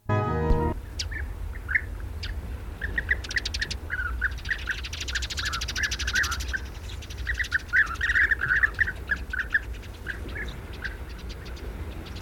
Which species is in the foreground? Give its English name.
European Bee-eater